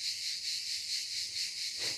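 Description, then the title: Cicada buzzing in a continuous shrill drone, throbbing rhythmically roughly four times a second; a short low sound slips in near the end. "cigales"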